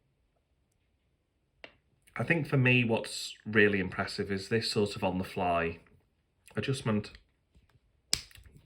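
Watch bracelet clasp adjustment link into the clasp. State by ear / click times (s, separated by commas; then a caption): seated / 8.1 s. Someone talks while demonstrating the on-the-fly adjustment on the steel bracelet clasp of a green Rolex Oyster Perpetual 41mm watch. The clasp is pushed closed, and one sharp, loud click at 8.1 s shows it has clicked into place, followed by faint handling sounds.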